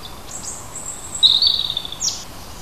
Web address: oeko hecke vogel juni vogel j 6 3 heimisch